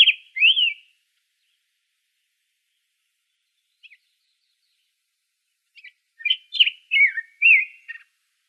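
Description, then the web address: Black-headed grosbeak singing short, rich warbled phrases of rising and falling whistles, one phrase at the start, then a longer run after a quiet pause, against a silent background. Recorded in Arizona on 3 May 2005. "Grosbeaks Buntings AZFO BHGR 5 deviche 050403"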